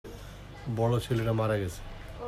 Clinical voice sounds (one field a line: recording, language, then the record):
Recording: elicited speech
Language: Bengali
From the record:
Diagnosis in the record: Broca's or global aphasia after a stroke